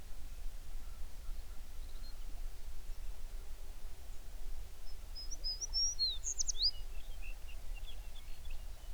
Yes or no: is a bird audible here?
yes